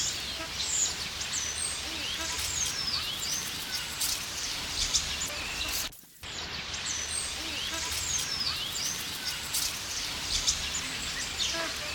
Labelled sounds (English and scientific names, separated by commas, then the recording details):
Magpie Goose (Anseranas semipalmata) call
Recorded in captivity
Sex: pair
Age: adult
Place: Zoo Berlin, Berlin, DE
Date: 1993-08-28 12:14
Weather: 12-15°C, heiter
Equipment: Marantz CP 430, Sennheiser MKH 416 T, Kopie Uher Variocord 263
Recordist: Tembrock, Günter